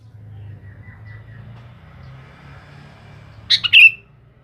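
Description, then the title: Sooty-headed bulbul gives a quick three-note liquid phrase near the end, preceded by low rumbling background noise. "Kutilang"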